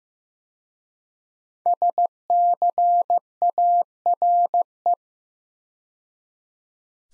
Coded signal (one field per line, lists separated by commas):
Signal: Morse code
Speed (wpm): 15 wpm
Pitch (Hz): 700 Hz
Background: none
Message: SCARE